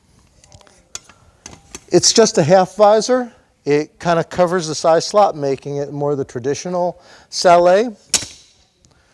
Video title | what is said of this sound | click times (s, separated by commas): Harnischfechten Series: Helmet review 15th Century Close Helm Sallet by Bareena Emporium | that you can see out of, when we release the spring pins, | 0.9 s